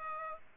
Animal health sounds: mosquito wingbeat signal from an infrared sensor; Aedes aegypti

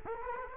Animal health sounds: mosquito wingbeat signal from an infrared sensor; Culex quinquefasciatus

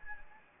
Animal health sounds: mosquito wingbeat signal from an infrared sensor; Anopheles gambiae

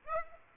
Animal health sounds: mosquito wingbeat signal from an infrared sensor; Aedes aegypti

